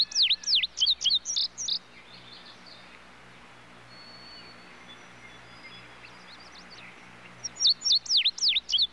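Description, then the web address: Tudigo calling in two bursts of quick, high, sweeping chirps, around four per second, separated by several seconds of quiet with a faint thin whistle in between. Other birds calling in the background. "bird tudigo tudigo other birds in bg"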